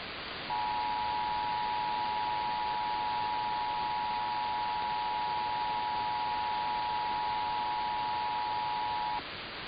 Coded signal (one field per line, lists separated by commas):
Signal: Emergency Alert System (SAME) tones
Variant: 853 and 960 Hz attention tone